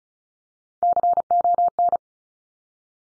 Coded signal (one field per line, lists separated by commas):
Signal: Morse code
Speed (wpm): 36 wpm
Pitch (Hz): 700 Hz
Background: none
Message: CON